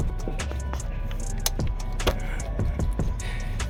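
During a heater core hose and coolant bottle replacement on a modified Ford Figo, a plug is pushed by hand into its socket in the engine bay near the coolant hose. It snaps home with a sharp click at 1.5 s, among smaller handling knocks near 0.4, 0.7 and 2.1 s over a steady background. The plug is seated.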